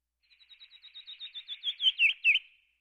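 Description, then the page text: Canyon wren song: a run of rapid whistled notes, soft at first, growing louder and slower while descending in pitch. "Canyon Wren. Quick Sounds"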